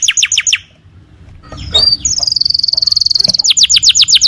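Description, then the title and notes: Canary song: short descending notes, a pause, then a long rapid trill and repeated descending notes at the end. Young canary, long-duration song used for training other birds (masteran). "Pancingan Kenari Muda Durasi Panjang. masteran kenari"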